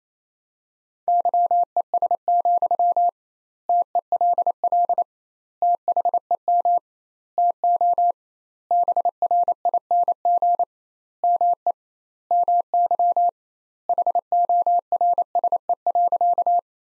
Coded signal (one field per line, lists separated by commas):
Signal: Morse code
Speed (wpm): 28 wpm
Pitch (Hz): 700 Hz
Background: none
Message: YES, TELL THEM TO BRING ME MY HORSE.